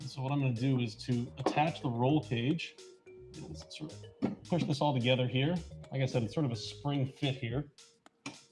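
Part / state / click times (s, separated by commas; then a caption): spring push pins on roll cage fitting over pressure washer frame tubes / seated / 8.1 s, 8.3 s. Someone talks while pushing the roll cage of a Sun Joe SPX8000-PRO pressure washer onto the metal tubes of its body, a spring fit. The spring push pins on either side snap into place with two sharp clicks at 8.1 s and 8.3 s, and the roll cage is seated and locked.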